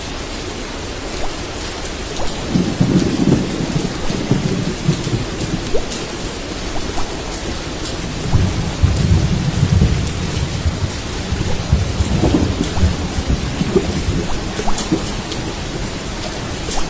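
Steady, dense rain hisses throughout, with fine drips and splashes ticking over the top. Deep rumbles swell up low beneath it, around three seconds, again from about eight to eleven seconds, and briefly near twelve, like thunder rolling.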